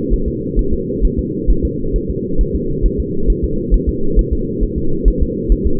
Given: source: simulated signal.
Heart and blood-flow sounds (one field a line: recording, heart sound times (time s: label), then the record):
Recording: fetal heart sounds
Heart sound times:
0.13 s: S1
0.28 s: S2
0.59 s: S1
0.73 s: S2
1.05 s: S1
1.19 s: S2
1.50 s: S1
1.65 s: S2
1.96 s: S1
2.10 s: S2
2.41 s: S1
2.56 s: S2
2.86 s: S1
3.00 s: S2
3.30 s: S1
3.44 s: S2
3.74 s: S1
3.89 s: S2
4.19 s: S1
4.33 s: S2
4.63 s: S1
4.78 s: S2
5.08 s: S1
5.22 s: S2
5.52 s: S1
5.67 s: S2
From the record:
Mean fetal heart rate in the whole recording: 135 bpm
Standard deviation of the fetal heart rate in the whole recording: 3 bpm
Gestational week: 36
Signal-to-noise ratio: -8.1 dB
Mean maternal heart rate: 72 bpm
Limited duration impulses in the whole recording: absent